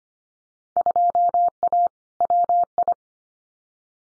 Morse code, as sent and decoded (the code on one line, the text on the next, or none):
..--- .- / .-- ..
2A WI